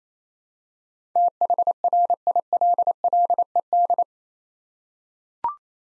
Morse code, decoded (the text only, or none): THRILLED